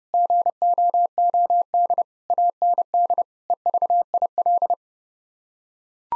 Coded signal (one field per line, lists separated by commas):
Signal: Morse code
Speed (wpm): 30 wpm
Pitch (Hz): 700 Hz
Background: none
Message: GOOD AND EVIL